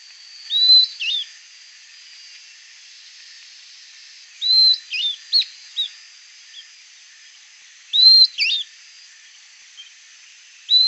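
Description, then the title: Southern beardless tyrannulet calling with a high whistled note followed by quick twisting notes, the phrase repeated every few seconds. "LuckyPassaro Completos2Sama. Southern Beardless Tyrannulet (Camptostoma obsoletum)"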